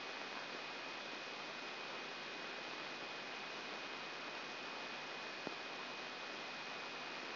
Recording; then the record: brain microelectrode recording played as sound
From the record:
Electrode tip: inside the subthalamic nucleus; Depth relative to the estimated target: 0 mm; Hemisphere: right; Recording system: AlphaMap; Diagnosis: Parkinson's disease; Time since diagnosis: 9 years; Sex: male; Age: 68 years